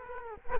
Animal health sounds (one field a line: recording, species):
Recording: mosquito wingbeat signal from an infrared sensor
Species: Culex quinquefasciatus